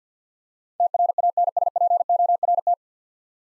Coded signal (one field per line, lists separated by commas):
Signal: Morse code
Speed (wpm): 50 wpm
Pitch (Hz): 700 Hz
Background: none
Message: TRANSPORT